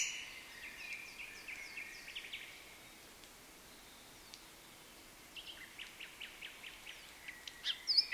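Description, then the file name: Common nightingale song, a few quick whistled notes at the start, then a quiet pause and a run of sharp repeated notes that grow louder toward the end. "Luscinia megarhynchos"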